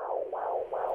A clinic at the University of Kentucky. Inside exam room 3. The heartbeat of their unborn baby.